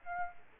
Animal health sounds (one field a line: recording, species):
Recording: mosquito wingbeat signal from an infrared sensor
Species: Aedes aegypti